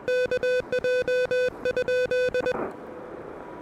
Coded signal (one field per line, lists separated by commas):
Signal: Morse code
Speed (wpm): 21 wpm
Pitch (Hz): 1500 Hz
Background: music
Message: KJ?